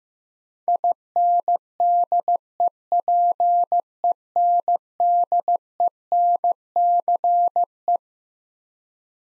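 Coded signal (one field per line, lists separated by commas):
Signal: Morse code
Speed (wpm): 15 wpm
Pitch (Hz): 700 Hz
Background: none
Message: INDEPENDENCE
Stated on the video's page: Morse head-copy drill of twelve-letter words at 15 wpm, each word sent, spoken, then sent again.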